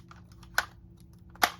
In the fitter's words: there we go. Oh, that was a nice click.